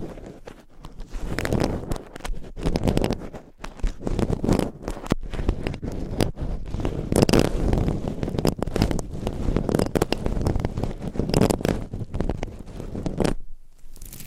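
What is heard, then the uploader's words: Scratching and rubbing on a microphone, layered into a dense, restless texture of rough scraping strokes. Bursts swell and fade irregularly every second or so, mostly low and gritty with sharp brighter clicks, then stop abruptly near the end. ASMR Mic Scratching - Brain Scratching Layered Asmr No Talking for Sleep with Long Nails.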